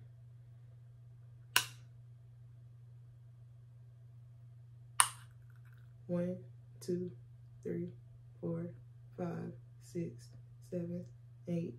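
A single-dose auto-injector pen pressed against the skin gives a sharp click at 1.6 s when the injection starts and a second click at 5.0 s when the dose is finished. Afterward, someone talks while holding the pen in place, over a steady low hum.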